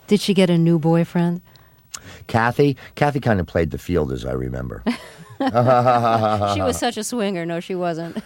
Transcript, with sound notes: Did she get a new boyfriend?
Cathy kind of played the field, as I remember.
(LAUGHTER)
She was such a swinger. No, she wasn't.